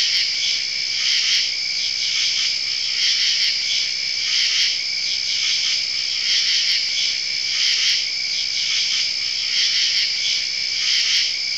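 Cricket chorus of many insects, a constant shrill trill layered in several high bands, with soft pulsing swells roughly every second.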